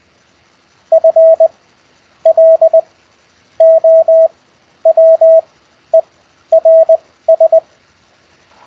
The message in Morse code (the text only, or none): FLOWERS